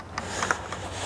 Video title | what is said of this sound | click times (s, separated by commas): Genuine Buddy Kick 125i Blackout Kit: Product Overview & Installation Guide | press it till you hear it lock and | 0.5 s